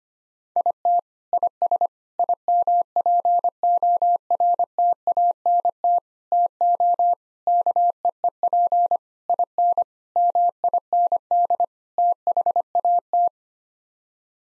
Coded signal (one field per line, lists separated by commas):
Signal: Morse code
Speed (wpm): 25 wpm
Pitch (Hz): 700 Hz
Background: none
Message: IT IS IMPORTANT TO KEEP IN MIND THAT